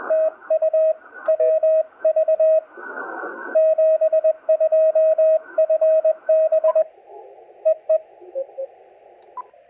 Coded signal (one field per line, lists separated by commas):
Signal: Morse code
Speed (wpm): 21 wpm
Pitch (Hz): 630 Hz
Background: radio noise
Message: TU WV 72 FB EE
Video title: Why the New BenQ TreVolo U Speaker might be a great accessory to your radios!